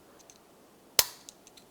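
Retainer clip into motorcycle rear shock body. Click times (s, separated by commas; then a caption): 1.0 s. A new retainer clip from the rebuild kit is worked into its groove in the rear shock body of a Honda CRF450R dirt bike. A few faint ticks lead up to one sharp, loud click at 1.0 s, followed by lighter clicks around 1.3 s and 1.7 s. The retainer clip clicks into place and is seated.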